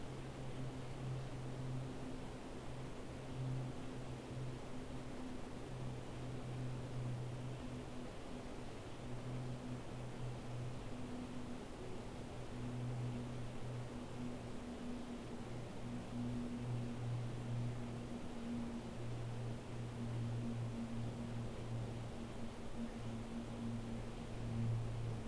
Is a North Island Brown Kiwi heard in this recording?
no